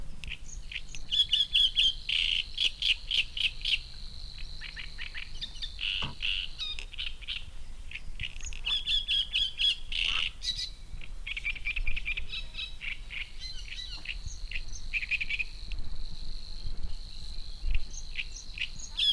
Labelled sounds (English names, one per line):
Savi's Warbler song